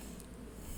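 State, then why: Not seated. A plastic HO scale model train truck is handled under a freight car body, its sides spread slightly as it is worked toward the underbody mount. A steady low hum runs throughout, with one brief faint high tick at 0.2 s. Nothing has seated or popped into place yet.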